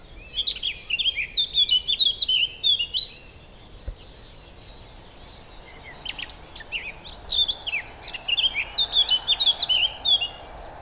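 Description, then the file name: Eurasian blackcap song, a loud phrase of rapid warbling and bright whistled notes, a quiet gap with a single faint click, then another loud phrase running to the end. "Sylvia atricapilla"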